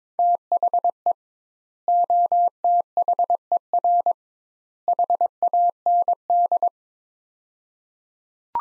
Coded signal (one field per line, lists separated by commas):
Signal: Morse code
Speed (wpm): 22 wpm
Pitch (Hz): 700 Hz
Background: none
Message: THE OTHER HAND